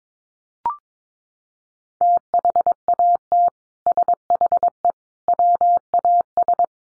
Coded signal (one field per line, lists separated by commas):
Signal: Morse code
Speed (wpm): 22 wpm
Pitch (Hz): 700 Hz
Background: none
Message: THAT SHE WAS